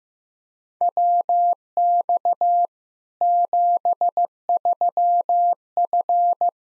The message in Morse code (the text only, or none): WX 73F